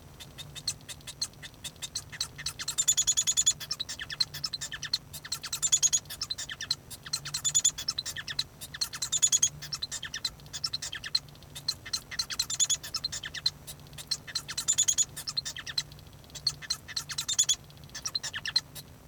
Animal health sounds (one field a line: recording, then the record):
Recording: song of a male Bengalese finch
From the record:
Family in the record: son of father 1